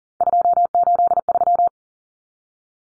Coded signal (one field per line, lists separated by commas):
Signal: Morse code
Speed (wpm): 37 wpm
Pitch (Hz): 700 Hz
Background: none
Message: 283